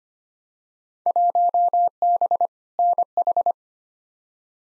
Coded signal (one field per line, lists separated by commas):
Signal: Morse code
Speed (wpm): 25 wpm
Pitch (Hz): 700 Hz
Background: none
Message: 1B NH